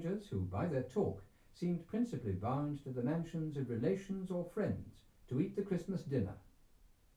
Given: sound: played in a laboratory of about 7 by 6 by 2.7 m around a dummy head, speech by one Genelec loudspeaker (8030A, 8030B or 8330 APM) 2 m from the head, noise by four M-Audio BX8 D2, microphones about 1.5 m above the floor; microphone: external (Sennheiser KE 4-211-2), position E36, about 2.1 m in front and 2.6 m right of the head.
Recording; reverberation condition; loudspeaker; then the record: male speech in English; low; 90 degrees to the right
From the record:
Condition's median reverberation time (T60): about 310 ms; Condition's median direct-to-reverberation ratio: about 3.5 dB